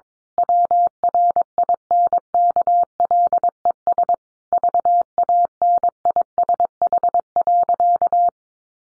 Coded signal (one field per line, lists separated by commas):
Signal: Morse code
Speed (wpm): 22 wpm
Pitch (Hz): 700 Hz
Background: none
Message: WRINKLES VANISH.